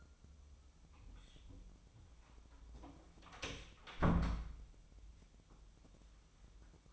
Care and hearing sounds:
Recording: daily activity, microphone in the room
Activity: close door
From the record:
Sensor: 1

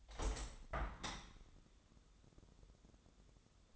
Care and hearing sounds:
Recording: daily activity, microphone in the room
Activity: open window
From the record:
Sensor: 3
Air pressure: 1014.9 hPa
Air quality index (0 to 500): 35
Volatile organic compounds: 1 ppm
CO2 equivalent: 563 ppm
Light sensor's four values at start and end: 9/22/9/9 and 10/22/9/9

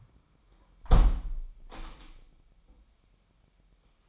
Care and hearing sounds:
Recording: daily activity, microphone in the room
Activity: close window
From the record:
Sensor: 1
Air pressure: 998.0 hPa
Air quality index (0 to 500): 135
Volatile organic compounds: 4 ppm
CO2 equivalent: 1617 ppm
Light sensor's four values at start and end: 16/55/22/22 and 16/55/22/22

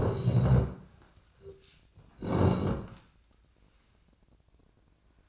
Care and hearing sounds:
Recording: daily activity, microphone in the room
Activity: sit down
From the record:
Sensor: 2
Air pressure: 1012.2 hPa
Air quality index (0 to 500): 164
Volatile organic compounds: 2 ppm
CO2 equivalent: 1196 ppm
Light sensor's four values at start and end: 70/159/74/90 and 53/128/57/64

